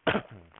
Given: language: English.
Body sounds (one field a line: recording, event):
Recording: throat vibration sensor signal played as sound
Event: cough